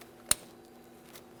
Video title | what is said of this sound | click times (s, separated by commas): How to Replace Steering Knuckles 1999-2006 Chevrolet Silverado 1500 | I've got a nice click from that | 0.3 s